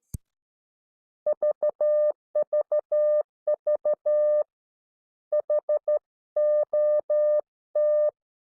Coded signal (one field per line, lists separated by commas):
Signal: Morse code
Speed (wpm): 13 wpm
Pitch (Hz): 600 Hz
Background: none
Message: VVV HOT